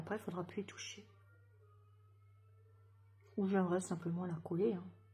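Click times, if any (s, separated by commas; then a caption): none. A decorative piece is being handled on a carousel craft decoration while someone talks, with two bursts of speech separated by a quiet stretch with a steady low hum. The piece is about to be wedged into place on the structure, but nothing has seated or clicked yet.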